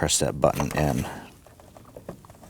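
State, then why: Seated. Someone talks for about the first second, then quiet, faint ticks follow as a plastic push-pin retainer holding the bumper trim on a 2015-2024 Nissan Murano is pressed into its bumper trim hole by pushing its center button, during a front bumper impact pad replacement. The sharpest click comes at 2.1 s, and the retainer is seated and installed.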